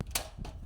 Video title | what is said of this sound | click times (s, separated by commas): Tangga lipat | Lock. Okey. Dia akan jadi bentuk M. | 0.2 s